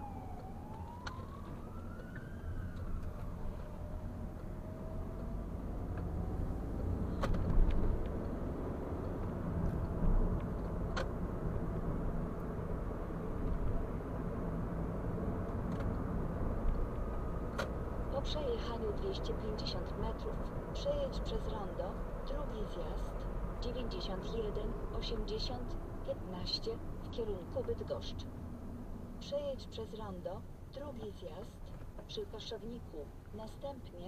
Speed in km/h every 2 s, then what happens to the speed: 24, 22, 24, 31, 39, 43, 46, 47, 50, 52, 52, 52, 41, 31, 21, 13, 13.
4-22 speeds up to 52. 22-34 brakes to 13.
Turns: 0-6.